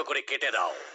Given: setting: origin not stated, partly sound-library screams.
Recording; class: one-second piece from a danger detection set; woman in danger